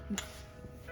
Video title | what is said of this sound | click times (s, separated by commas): Issey Miyake L’Eau D’Issey Pour Homme Sport first impression | i wouldn't shake it around or anything but it does click in place really well | 0.2 s